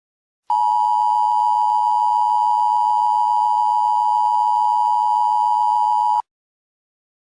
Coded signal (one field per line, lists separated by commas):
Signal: Emergency Alert System (SAME) tones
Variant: 853 and 960 Hz attention tone